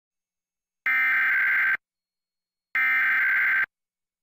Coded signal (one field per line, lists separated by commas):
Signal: Emergency Alert System (SAME) tones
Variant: header bursts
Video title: NMPBS KNME-TV Emergency Alert System 7/8/2021